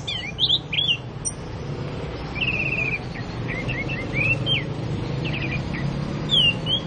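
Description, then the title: Oriental magpie-robin song, bright clear whistles and short trilled notes mixed with quick rising slurs, against low rumbling background noise. "Kicau Kacer"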